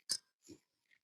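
The second metal brake pad abutment clip for a 2013 Nissan Sentra is flipped upside down and pressed into the groove on the bottom of the caliper bracket. It seats with a sharp, bright click at 0.1 s, followed by a softer, duller knock near 0.5 s and a faint tick near 0.9 s.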